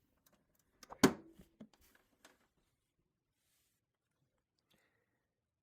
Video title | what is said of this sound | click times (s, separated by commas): Yamaha Soundbar : Optical Cable TV Setup | and again, make sure you push it fully until it clicks. | 1.0 s